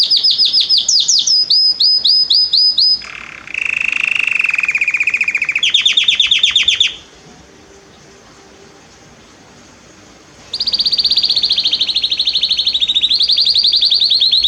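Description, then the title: Canary song with fast trills, then a lower rolling tour, a quiet pause of about three and a half seconds, and a bright high trill resuming. Male singing a lot; used to warm up a young bird. "Esquente Seu Filhote E Canario Belga Macho Cantando Muito"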